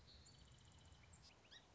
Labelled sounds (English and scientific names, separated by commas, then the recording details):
Song Sparrow (Melospiza melodia)
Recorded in Sonoma County, California